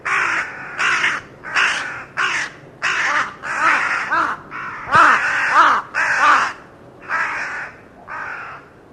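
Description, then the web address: Bird calling in a long, hurried series of about thirteen harsh caws, some with falling, nasal notes, slowing slightly toward the end. "Deverinetal 2025 File origin Bird Only"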